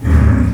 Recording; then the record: squeal of a Yucatan mini pig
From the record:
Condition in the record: after surgery on the right vocal fold (resection and tissue-engineered implant); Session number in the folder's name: 13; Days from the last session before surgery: 113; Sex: female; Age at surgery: 19 weeks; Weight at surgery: 25 kg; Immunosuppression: prednisolone